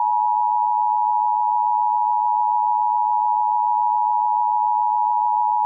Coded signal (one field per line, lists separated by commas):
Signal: Emergency Alert System (SAME) tones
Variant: 853 and 960 Hz attention tone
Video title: Emergency Alert System: National Periodic Test 08/07/19 11:50 AM Pacific Daylight Time